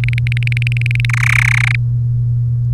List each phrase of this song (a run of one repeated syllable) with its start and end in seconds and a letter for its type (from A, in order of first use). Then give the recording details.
0.04-1.05 A, 1.09-1.76 B. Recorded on 3 May 2018 at 14:02. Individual llb3